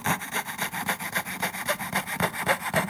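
A fretsaw cuts through wood in quick, steady back-and-forth strokes, a bright rasping rhythm of several strokes per second that continues evenly throughout, with no voices.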